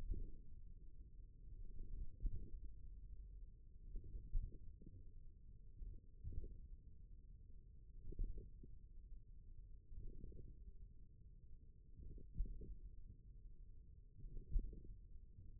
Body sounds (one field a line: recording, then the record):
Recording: forearm muscle sounds (acoustic myography)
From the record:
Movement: wrist extension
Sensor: system 1, eight BSWA MPA416 microphones around the upper forearm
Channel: 2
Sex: male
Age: 41 years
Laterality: right